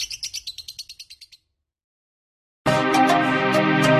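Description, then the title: Lovebird chirps, high and sharp, repeated rapidly for about a second, then a pause before loud music with many layered tones takes over. Konslet song style. "Lovebird Konslet"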